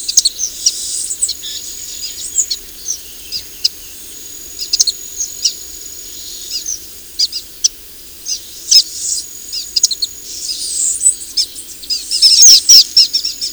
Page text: Orange-cheeked Waxbill. VOZ: El llamado es un abrupto "yit". Audio (M. Oberle). El canto es una serie de silbos agudos. HÁBITAT: Pastizales y áreas cultivadas